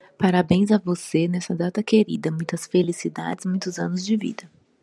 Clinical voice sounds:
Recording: short text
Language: Brazilian Portuguese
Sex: female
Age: 30 to 39 years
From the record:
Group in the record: control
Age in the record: 38 years

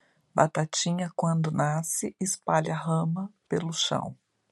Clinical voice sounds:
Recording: short text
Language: Brazilian Portuguese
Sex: female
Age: 50 to 59 years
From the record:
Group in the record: control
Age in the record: 51 years

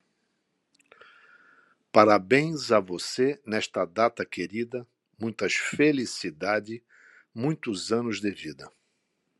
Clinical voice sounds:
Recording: short text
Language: Brazilian Portuguese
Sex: male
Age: 60 to 69 years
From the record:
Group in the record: control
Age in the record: 67 years

